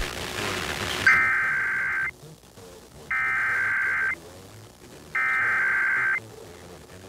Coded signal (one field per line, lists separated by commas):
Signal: Emergency Alert System (SAME) tones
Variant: header bursts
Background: speech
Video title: EAS #740-741: 2 EAS Required Monthly Tests- Feb. 7, 2023- 12:15AM PST